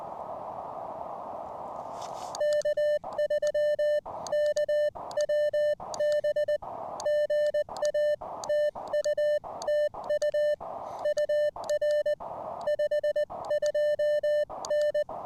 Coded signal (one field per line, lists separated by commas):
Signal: Morse code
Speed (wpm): 20 wpm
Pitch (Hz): 600 Hz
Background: none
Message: K3KWB GA TU TU UR 52N